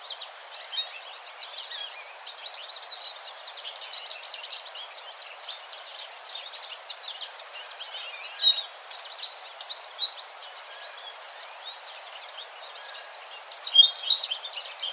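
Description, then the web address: American goldfinch calls: continuous high, thin twittering and chips throughout, louder bursts near the middle and the end, with constant background hiss. Recorded on 4 January 2007. "American Goldfinch 2007 01 04"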